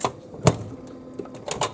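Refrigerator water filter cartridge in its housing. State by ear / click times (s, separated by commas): released / 0.5 s, 1.5 s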